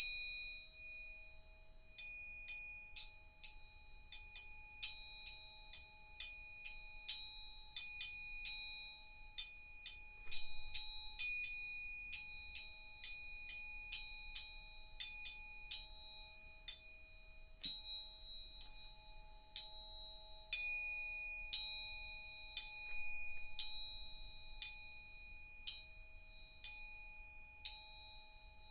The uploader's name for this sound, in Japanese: 音叉チューニング3本